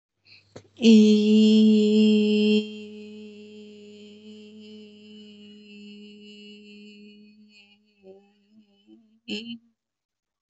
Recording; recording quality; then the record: sustained vowel as in beet; excellent, no background noise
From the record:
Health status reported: recovered from COVID-19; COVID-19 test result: positive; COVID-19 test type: RT-PCR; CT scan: not taken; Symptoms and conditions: cough, fever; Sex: female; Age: 25 years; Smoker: no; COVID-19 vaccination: both doses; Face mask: worn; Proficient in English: yes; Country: India